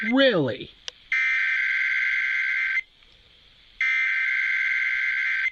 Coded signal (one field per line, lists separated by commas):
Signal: Emergency Alert System (SAME) tones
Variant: header bursts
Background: speech